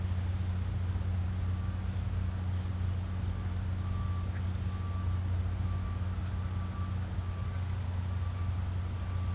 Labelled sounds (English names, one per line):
none